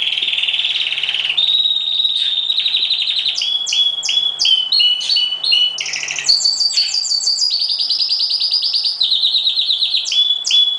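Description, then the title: Oriental magpie-robin singing fast pulsed trills that step between pitches, interspersed with crisp down-slurred whistled notes, with a faint low hum. "Kicau Kacer Durasi Panjang 1jam Lebih"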